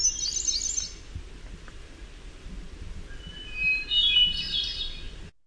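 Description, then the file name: Hermit thrush: a high fluty phrase, a pause, then a held tone opens into a bright swirling cascade. "HETH song"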